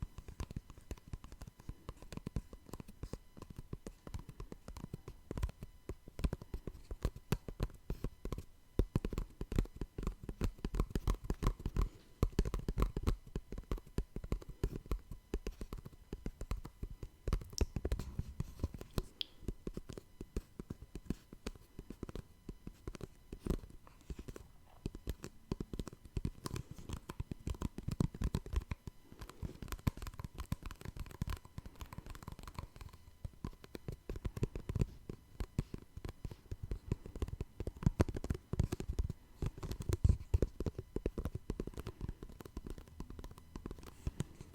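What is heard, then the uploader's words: Tapping with no talking: dense, uneven clusters of quick taps and scratchy clicks run through the whole clip, mostly low and dull with some crisp tops. Bursts come in irregular waves, busier around the middle and near the end, with a faint steady hum underneath. Tapping No Talking.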